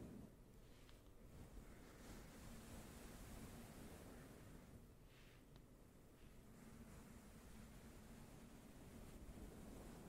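Slow, gentle brushing across a microphone makes a steady, dense rustle weighted toward the low end, with a soft rumble underneath. Faint brighter swishes rise and fade around the second, fifth and seventh seconds, while the overall level stays even throughout.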